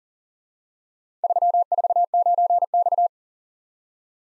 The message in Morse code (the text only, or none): 349X